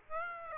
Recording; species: mosquito wingbeat signal from an infrared sensor; Aedes aegypti